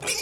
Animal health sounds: pig call; weaner (32 to 43 days)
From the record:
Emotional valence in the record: negative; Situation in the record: long isolation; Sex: female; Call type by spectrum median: high-frequency call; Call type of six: high-frequency stable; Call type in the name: high-frequency stable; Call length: 0.21 s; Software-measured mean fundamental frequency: 362 Hz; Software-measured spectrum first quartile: 2003 Hz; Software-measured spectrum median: 4648 Hz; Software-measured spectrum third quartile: 7000 Hz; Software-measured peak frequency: 2420 Hz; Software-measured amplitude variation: 133 dB a second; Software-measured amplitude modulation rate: 19.0 a second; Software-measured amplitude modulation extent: 7.0 dB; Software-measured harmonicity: 1.1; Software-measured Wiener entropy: -1.88

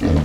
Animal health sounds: pig call; growing-finishing pig (85 days or more)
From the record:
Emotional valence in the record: positive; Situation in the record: enriched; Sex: female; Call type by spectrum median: low-frequency call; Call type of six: low-frequency modulated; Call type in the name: low-frequency modulated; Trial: 2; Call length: 0.25 s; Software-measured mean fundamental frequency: 44 Hz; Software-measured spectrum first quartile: 109 Hz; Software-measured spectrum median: 221 Hz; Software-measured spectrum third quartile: 417 Hz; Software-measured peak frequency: 255 Hz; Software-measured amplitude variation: 112 dB a second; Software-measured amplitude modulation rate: 30.4 a second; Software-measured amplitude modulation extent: 3.7 dB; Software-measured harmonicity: -2.2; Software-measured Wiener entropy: -1.18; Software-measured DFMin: 837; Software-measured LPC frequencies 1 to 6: 1853, 2608, 4075, 4587, 5572, 6232 Hz

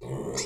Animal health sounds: pig call; weaner (32 to 43 days)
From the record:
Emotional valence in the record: negative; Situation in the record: short isolation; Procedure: open field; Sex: female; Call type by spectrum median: low-frequency call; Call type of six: mixed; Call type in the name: high-frequency modulated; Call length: 0.46 s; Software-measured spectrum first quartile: 341 Hz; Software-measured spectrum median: 1759 Hz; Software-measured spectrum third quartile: 5945 Hz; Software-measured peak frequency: 424 Hz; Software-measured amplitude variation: 109 dB a second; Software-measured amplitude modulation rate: 16.5 a second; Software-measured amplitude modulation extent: 6.6 dB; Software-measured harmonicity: 3.6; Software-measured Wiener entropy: -4.87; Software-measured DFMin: 1071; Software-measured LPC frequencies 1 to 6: 430, 2059, 4180, 5434, 6313, 6778 Hz

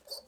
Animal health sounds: pig call; piglet (1 to 25 days)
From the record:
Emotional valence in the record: negative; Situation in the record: restrain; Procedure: back test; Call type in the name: high-frequency call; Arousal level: medium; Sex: male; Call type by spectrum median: high-frequency call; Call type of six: high-frequency stable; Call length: 0.28 s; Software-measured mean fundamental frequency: 552 Hz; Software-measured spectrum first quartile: 683 Hz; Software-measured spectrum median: 4186 Hz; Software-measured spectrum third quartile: 5154 Hz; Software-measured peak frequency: 4492 Hz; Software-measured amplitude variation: 263 dB a second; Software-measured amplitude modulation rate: 14.2 a second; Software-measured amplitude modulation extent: 18.5 dB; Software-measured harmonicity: 7.8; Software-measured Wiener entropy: -2.79

